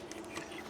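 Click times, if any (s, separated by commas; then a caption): 0.1 s. The battery pack of a Piscisea Alpha electric fishing reel unlatches from its holder as both release buttons are pressed, making a short click at 0.1 s. The pack is released and pulls apart from the holder.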